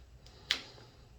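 A tuner cable plug is released from a vehicle port by squeezing the black tab on its back and pulling it out. A sharp click sounds at 0.5 s, preceded by a faint tick at 0.3 s, and the connector comes free.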